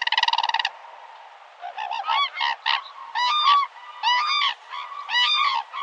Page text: 흑두루미(Hooded Crane) 接寫